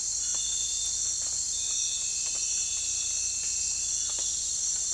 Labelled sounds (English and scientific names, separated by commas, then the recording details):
none
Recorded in pastures near Puerto Asís, Putumayo, Colombia, on 16 December 2024 at 04:00
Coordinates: 0.466, -76.322
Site G040